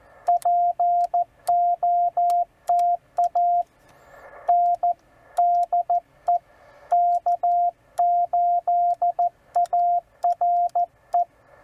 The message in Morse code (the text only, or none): POTA N DE K8ARE